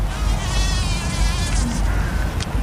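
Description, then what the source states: Buff-tailed bumblebee group: bumblebee buzzing, a loud, steady, low droning hum held throughout with faint higher overtones. Male of the buff-tailed bumblebee group, drinking nectar from a thistle among clover; males have no sting.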